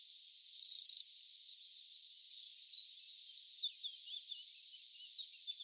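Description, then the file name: Eurasian wren giving one short, dry, buzzy rattle, then a few faint, high ticks and chirps. "Troglodytes troglodytes"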